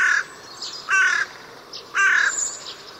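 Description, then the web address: Crow caws: three harsh, nasal calls spaced about a second apart, each short and grating, with quiet background between them. "Ptaki Wrona"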